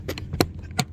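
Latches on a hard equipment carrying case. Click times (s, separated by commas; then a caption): 0.4 s, 0.8 s. The latches on the hard carrying case of a dynamic cone penetrometer are snapped shut, and each must be heard to snap or there is an issue. After some soft handling noises, two sharp, loud snaps ring out at 0.4 s and 0.8 s, and the latches are seated.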